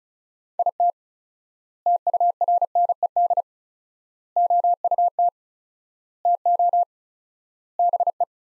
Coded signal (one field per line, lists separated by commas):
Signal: Morse code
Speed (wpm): 34 wpm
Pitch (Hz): 700 Hz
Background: none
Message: IT TURNED OUT TO BE